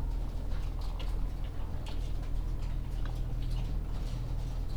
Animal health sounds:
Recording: poultry house recording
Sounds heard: sick chickens (respiratory disease)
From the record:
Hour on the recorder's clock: 14

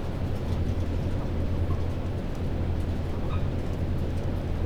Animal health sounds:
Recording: poultry house recording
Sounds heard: sick chickens (respiratory disease)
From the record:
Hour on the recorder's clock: 22

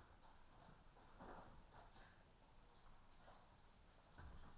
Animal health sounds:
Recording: poultry house recording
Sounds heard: healthy chickens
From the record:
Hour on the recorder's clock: 13

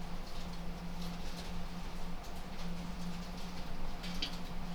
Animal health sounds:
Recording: poultry house recording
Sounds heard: no chicken sound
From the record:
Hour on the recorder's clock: 22

